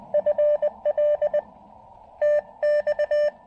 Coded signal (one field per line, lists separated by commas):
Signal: Morse code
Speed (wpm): 20 wpm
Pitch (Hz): 590 Hz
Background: none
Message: FL TX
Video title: POTA: Making the most of rainy day with QRP and Coffee at Tuttle Educational State Forest!